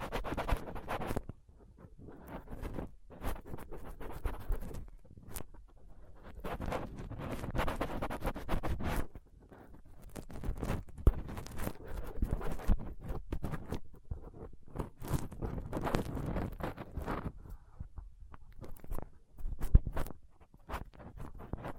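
Rough scratching and picking at a microphone with a dental pick, tweezers and cotton swab, dense uneven scrapes with brief pauses and sharp clicks.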